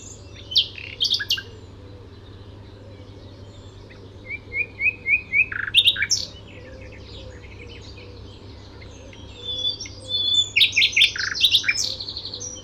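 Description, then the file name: Common nightingale song of varied phrases: quick repeated whistled notes, sharp rising notes and rich trills, separated by short silences, over a faint constant low hum. "Luscinia megarhynchos"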